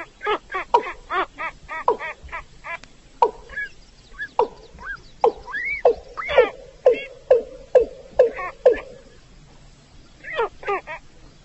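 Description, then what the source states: Rail giving rapid repeated nasal calls in bursts, a few rising notes in between, then a short pause and renewed calling. Female calling.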